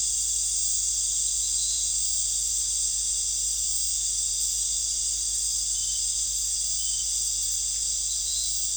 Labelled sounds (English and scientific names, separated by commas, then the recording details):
none
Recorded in secondary vegetation near Puerto Asís, Putumayo, Colombia, on 20 December 2024 at 18:30
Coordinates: 0.484, -76.319
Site GP06